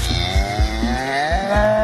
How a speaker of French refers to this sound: Oui, une vache, mais en l'occurrence, ça n'est pas à ce qui sort de sa bouche qu'on va s'intéresser, mais à ce qui sort de son arrière-train, à savoir une bouse.